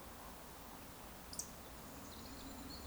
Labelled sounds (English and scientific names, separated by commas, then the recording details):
Eurasian Woodcock (Scolopax rusticola) whistle, Eurasian Woodcock (Scolopax rusticola) croak
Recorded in Baden-Württemberg, Germany, on 18 June 2021 at 19:27 UTC
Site 49334, 1074 m above sea level